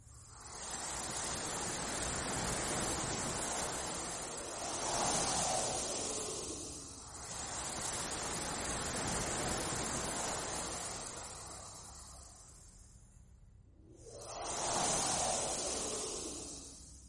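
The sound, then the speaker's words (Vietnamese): A wind-like rushing sound comes through a phone call, a broad hiss that swells and fades in slow surges, rising loudest around the fifth and fifteenth seconds, with no one speaking on the line. “Từ trong điện thoại phát ra âm thanh giống như tiếng gió thổi.”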